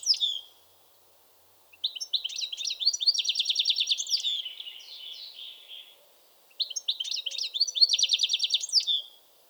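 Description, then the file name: European goldfinch twittering song: a brief note, then two long phrases of rapid liquid chirps and buzzy trills, high-pitched and lively. "Carduelis carduelis"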